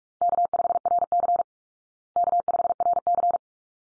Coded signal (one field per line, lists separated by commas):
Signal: Morse code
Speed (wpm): 44 wpm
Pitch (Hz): 700 Hz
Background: none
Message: K5RC K5RC